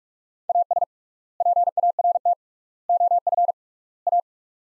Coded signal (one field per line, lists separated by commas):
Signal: Morse code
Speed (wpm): 43 wpm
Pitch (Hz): 700 Hz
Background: none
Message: AS PART OF A